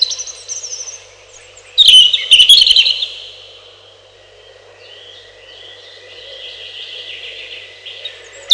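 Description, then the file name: European robin singing: a few high notes, then a bright burst of twittering that fades into quieter trailing warbles, with a constant low hum underneath. "малиновка"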